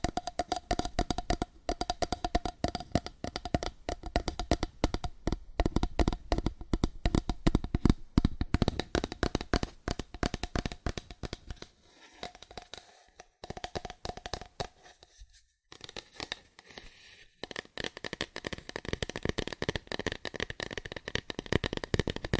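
Fast, aggressive tapping on cardboard in dense rapid bursts, thinning into sparser, uneven taps with brief pauses after about twelve seconds.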